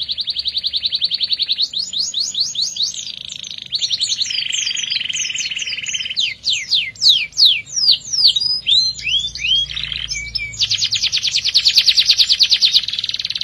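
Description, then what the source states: Canary song, a long varied run of rapid trills, rattling buzzy phrases and sweeping downslurred whistles, switching type every second or two with no pause. Therapy recording for a canary that has stopped singing; F1 canary.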